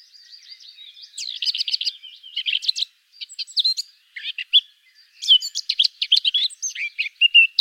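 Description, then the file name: Eurasian blackcap singing a fast, scratchy warble of high chattering notes and brief whistles, running in bursts with short pauses between phrases. "Sylvia atricapilla"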